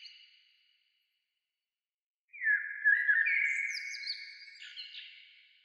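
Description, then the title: Bird delivering one long warbling phrase after a brief quiet gap, quick high flourishes over steadier notes, slowly fading; only the faint tail of an earlier phrase precedes it. "Oiseaux"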